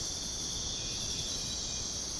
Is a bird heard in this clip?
no